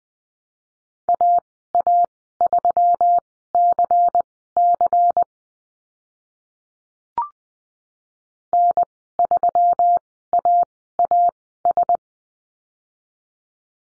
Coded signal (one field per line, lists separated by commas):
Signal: Morse code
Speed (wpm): 20 wpm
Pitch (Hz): 700 Hz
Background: none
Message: AA3CC N3AAS